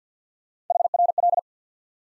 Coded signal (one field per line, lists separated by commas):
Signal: Morse code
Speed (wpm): 50 wpm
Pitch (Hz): 700 Hz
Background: none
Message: HRL